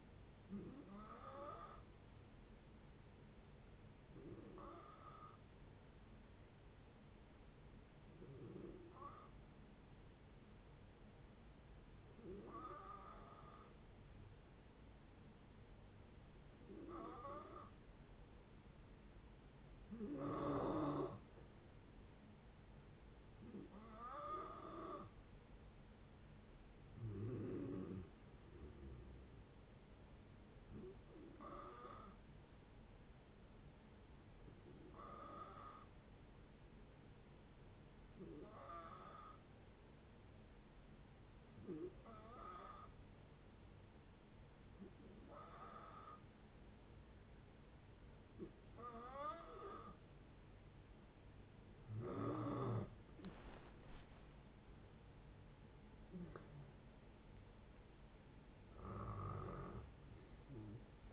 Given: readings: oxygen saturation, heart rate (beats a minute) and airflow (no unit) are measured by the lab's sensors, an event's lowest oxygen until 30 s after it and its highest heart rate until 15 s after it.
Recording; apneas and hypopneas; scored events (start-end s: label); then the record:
breathing in sleep by a voice recorder at the bedside; 2
5.00-21.20 s: hypopnea (N2, oxygen 95% highest, then 91% lowest)
34.00-52.50 s: hypopnea (N2, oxygen 94% highest, then 89% lowest)
60.00-61.13 s: new sleep stage, N1 (lightest sleep)
From the record:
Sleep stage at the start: N2 (light sleep); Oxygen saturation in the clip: 88 to 95%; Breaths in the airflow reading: 17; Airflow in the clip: -9.6 to 10.2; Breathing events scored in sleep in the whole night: 496 in 5.4 hours asleep